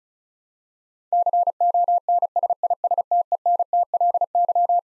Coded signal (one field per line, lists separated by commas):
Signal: Morse code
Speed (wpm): 36 wpm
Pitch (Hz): 700 Hz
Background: none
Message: CONSISTENTLY